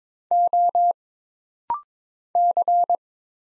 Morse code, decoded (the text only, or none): O C